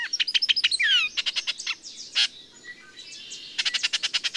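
Birdsong with quick repeated high chips, a sweeping whistled slur, short warbles and a fast series of sharp notes at the end.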